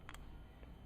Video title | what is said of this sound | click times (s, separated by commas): MSAR STG 556 Disassembly... CLOSE DETAIL | you heard it click there, or at least I hope you did, because I did. | 0.1 s